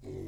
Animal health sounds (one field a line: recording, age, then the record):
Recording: pig call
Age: weaner (32 to 43 days)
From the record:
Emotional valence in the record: negative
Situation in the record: negative conditioning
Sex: female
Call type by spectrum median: low-frequency call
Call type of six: low-frequency stable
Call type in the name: low-frequency stable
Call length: 0.28 s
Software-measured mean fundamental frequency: 45 Hz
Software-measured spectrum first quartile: 116 Hz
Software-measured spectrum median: 278 Hz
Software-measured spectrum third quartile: 402 Hz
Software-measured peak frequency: 378 Hz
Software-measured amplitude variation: 127 dB a second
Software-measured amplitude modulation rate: 26.5 a second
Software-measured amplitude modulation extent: 4.8 dB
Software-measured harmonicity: -0.3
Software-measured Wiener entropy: 0.26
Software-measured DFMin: 1231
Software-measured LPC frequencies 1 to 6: 362, 2072, 4050, 5065, 6414, 7476 Hz